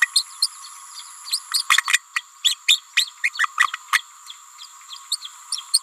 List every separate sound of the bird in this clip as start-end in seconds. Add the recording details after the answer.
0.01-0.07, 0.15-0.25, 0.41-0.48, 1.25-1.39, 1.52-1.63, 1.70-1.83, 2.15-2.22, 2.44-2.55, 2.67-2.81, 2.96-3.10, 3.23-3.30, 3.39-3.47, 3.57-3.67, 3.92-4.02, 5.11-5.17, 5.52-5.56, 5.73-5.79. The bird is a female. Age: 28 days. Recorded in a nest box in Venezuela. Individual 17B31A3